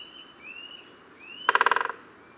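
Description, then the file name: Great spotted woodpecker drumming: a single short, rapid roll of about ten wooden knocks lasting half a second, preceded by faint rising thin whistles from another bird. "Great Spotted Woodpecker XC 28028 Dendrocopos major"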